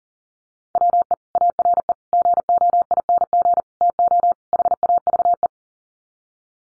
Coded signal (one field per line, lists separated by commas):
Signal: Morse code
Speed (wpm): 37 wpm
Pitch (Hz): 700 Hz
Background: none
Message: WE ARE GOING TO HAVE